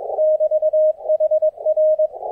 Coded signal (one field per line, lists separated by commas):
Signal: Morse code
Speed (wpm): 21 wpm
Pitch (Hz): 620 Hz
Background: none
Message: <BT> HR